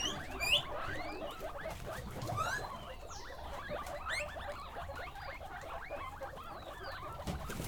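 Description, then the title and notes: Guinea pig squeaks and chirps, many short rising calls overlapping continuously, with shuffling and rustling throughout and a sharp high whistle near the start. Guinea pig (cuy) pen, during a sound residency on traditional kitchens in Pujilí, Ecuador, 2019. "Yanuna_Paisajes. CORRAL_CUY. Sonidos grabados durante la residencia "Yanuna de sonidos, Laboratorio de experimentación y creación sonora alrededor de las cocinas tradicionales de Pujilí. " en Pujilí - Ecuador 2019"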